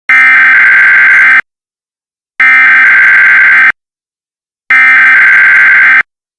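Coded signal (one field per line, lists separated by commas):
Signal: Emergency Alert System (SAME) tones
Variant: header bursts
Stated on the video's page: Simulated EAS bombing scenario alert, not real.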